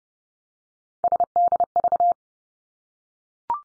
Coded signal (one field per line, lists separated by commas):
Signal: Morse code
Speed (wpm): 30 wpm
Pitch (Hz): 700 Hz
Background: none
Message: SDV